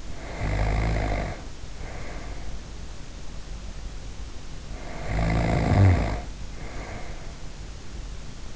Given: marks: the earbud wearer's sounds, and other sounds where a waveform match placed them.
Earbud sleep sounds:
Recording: sounds in sleep by an in-ear microphone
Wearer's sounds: snoring breath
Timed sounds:
0.00-2.73 s: snoring breath
4.58-7.60 s: snoring breath

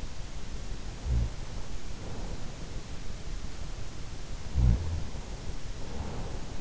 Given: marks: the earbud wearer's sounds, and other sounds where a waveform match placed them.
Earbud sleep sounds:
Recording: sounds in sleep by an in-ear microphone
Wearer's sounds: snoring breath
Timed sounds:
0.88-2.82 s: snoring breath
4.42-6.61 s: snoring breath

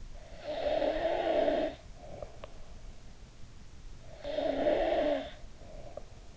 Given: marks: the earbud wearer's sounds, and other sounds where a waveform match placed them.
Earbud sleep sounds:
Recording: sounds in sleep by an in-ear microphone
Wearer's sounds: snoring breath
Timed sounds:
0.00-2.68 s: snoring breath
3.91-6.37 s: snoring breath

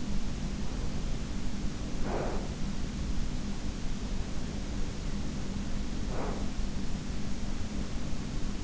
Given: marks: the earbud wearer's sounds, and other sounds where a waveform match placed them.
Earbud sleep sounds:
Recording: sounds in sleep by an in-ear microphone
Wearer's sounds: breath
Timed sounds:
0.78-2.70 s: breath
4.89-7.31 s: breath

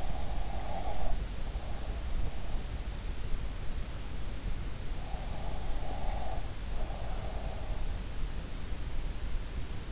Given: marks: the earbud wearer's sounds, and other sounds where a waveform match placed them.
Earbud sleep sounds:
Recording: sounds in sleep by an in-ear microphone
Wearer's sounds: breath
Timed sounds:
0.00-2.11 s: breath
5.15-7.54 s: breath

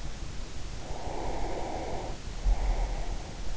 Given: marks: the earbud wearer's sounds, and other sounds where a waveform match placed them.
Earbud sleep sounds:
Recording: sounds in sleep by an in-ear microphone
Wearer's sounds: breath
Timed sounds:
0.79-3.32 s: breath

